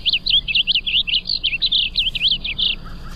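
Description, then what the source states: Blue Grosbeak song: a rapid, continuous warble of high, jumbled notes. Played as a mystery bird quiz recording.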